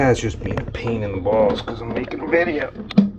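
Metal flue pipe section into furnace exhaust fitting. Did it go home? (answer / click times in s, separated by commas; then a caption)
no / none. A metal flue pipe section is being worked onto its mating furnace exhaust fitting while someone talks. There are handling knocks and scrapes, with a brief sharp sound near 3.0 s. The part has not seated or clicked into place yet.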